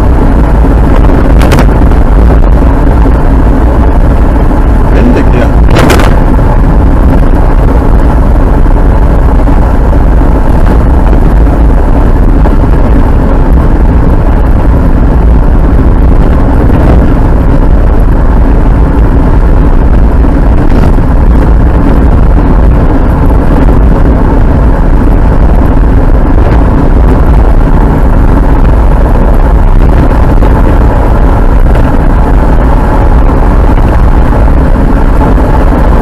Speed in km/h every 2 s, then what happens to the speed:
60, 60, 59, 58, 58, 56, 55, 54, 54, 53, 53, 53, 53, 54, 57, 60, 62, 65.
0-25 steady at about 55. 25-36 speeds up to 65.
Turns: none.